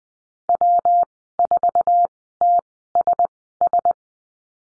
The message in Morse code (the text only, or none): W4TSS